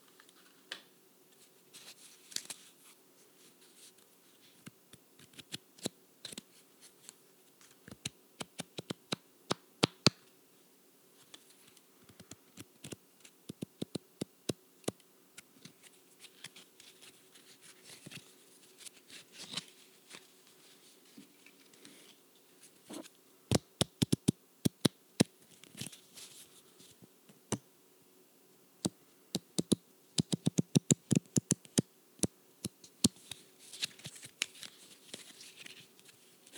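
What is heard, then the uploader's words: Someone plays with a deck of cards, producing sharp, bright clicks and flicks that come in irregular bursts throughout. Busier rapid runs of snaps arrive around 24 and 30 seconds, between quieter scattered taps, over a faint low steady hum. Playing with a Deck of Cards.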